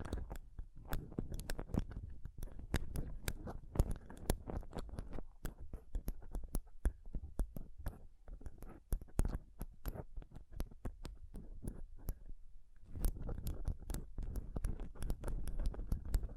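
Scratching and touching on a microphone fill the recording with dense, irregular crackles and sharp clicks, heavy in the low end with thuds. The rubbing is busiest at the start and again after about thirteen seconds, thinning to sparser taps through the middle.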